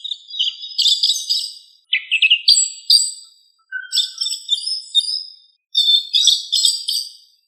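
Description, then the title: Thrush singing quick phrases of bright, chattering and whistled notes, some dipping lower, with short gaps between phrases and no other sounds. "Sabia"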